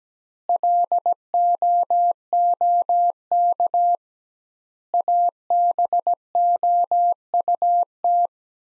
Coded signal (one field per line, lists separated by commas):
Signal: Morse code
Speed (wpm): 17 wpm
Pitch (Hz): 700 Hz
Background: none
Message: LOOK ABOUT